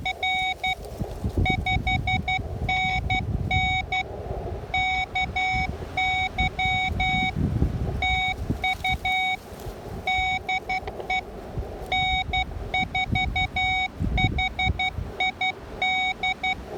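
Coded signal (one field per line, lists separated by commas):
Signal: Morse code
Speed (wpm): 12 wpm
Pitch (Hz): 2250 Hz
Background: none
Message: R 5NN KY TU DE N4HID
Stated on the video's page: Park activation with an Icom IC-705 in gusty winds.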